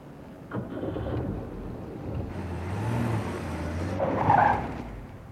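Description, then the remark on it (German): A car engine roars and rises in pitch as the vehicle swerves to avoid an oncoming car, then tires let out a sharp, high squeal of skidding near the end as the car lightly hits a lamp post. No clear impact stands out. “Oh, zum Glück bin ich nur leicht gegen den Laternenmast gefahren”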